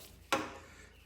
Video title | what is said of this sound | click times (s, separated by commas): 2002 Avalanche NP246 Assembly Part 1 | And we heard a good snap. | 0.3 s